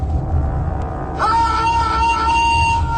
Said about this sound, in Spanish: … sí gritó, su último grito de conciencia en esta vida.